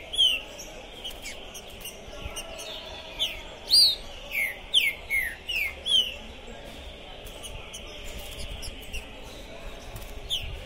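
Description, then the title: Green-winged saltator song: a single whistle, then a series of descending whistled notes in the middle, then mostly quiet hiss with a faint later note. Captive bird singing at the entrance of a singing tournament, warming up for the contest; described as calling, singing and acting territorial ("macheando"); 2021; song style called "pistoleiro". "ESQUENTAR Seu TRINCA Piando, Cantando E Macheando Na DISPUTA. Esse TRINCA FERRO ficou POSSUÍDO na PORTA do TORNEIO! Trinca Ferro Pistoleiro 2021!"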